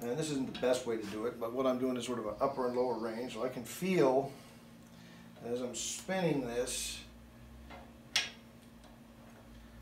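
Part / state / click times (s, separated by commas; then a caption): click-type torque wrench turning a differential pinion nut / torque reached / 8.2 s. A click-type torque wrench set to 20 inch-pounds turns the pinion nut of a Dana 60 differential to check preload while setting up an ARB locker and ring and pinion. Someone talks over faint turning sounds, and the wrench gives a sharp click at 8.2 s as the rotating resistance exceeds the setting, confirming preload above 20 inch-pounds.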